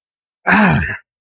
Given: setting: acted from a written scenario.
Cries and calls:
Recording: vocal sound without words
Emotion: pain

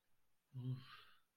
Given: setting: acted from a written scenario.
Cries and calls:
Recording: vocal sound without words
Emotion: relief

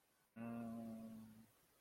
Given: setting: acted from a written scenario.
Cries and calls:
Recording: vocal sound without words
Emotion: confusion

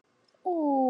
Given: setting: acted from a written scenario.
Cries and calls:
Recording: vocal sound without words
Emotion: adoration

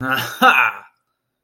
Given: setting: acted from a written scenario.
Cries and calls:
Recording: vocal sound without words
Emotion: triumph

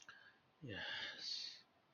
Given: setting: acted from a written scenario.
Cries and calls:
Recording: vocal sound without words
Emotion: serenity

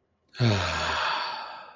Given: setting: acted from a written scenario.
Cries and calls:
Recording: vocal sound without words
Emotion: serenity

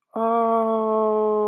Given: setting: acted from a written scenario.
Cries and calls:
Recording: vocal sound without words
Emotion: awe

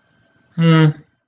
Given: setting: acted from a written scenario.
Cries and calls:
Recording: vocal sound without words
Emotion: neutral

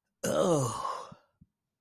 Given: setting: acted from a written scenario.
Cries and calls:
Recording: vocal sound without words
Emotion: disgust

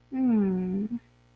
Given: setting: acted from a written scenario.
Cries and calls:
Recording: vocal sound without words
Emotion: distress

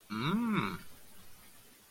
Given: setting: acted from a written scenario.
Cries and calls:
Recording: vocal sound without words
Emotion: interest

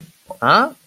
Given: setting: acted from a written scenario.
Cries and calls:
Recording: vocal sound without words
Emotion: confusion

